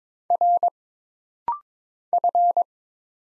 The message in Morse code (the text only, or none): R F